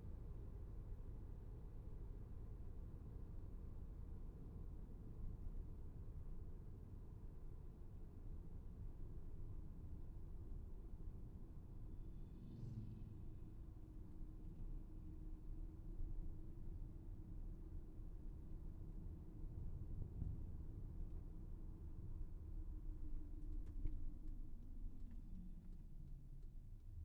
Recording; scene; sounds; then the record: everyday scene through a hearing-aid microphone; in a vehicle; engine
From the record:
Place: VW T5 Caravelle, diesel engine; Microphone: behind the ear, left, front